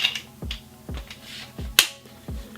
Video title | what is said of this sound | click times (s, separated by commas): DRUMS ARE NEEDED! Glock DRUMS, Ar-15 DRUMS, Ar-10 DRUMS Ak-47 DRUMS. | heard the click so that's a nice drawing you | 1.8 s